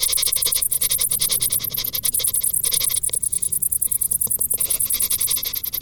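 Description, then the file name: Cricket song of quick high pulses repeating steadily, with a hissing background noise. "Grillen"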